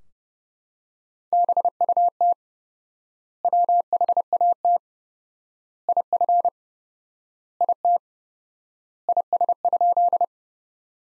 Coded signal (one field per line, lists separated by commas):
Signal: Morse code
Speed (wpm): 30 wpm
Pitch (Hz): 700 Hz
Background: none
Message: BUT WHAT IF IT IS?